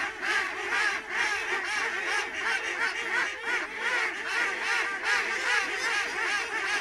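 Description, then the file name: Ducks calling together, a constant chatter of rasping quacks from many birds layered without pause. Ducks recorded at Lunel. "canards lunel"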